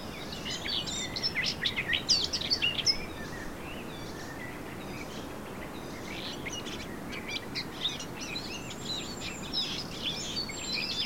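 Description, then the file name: Eurasian blackcap giving scratchy, chattering high notes, loudest early then continuing softer in scattered bursts, over a constant low noise bed. "Sylvia atricapilla"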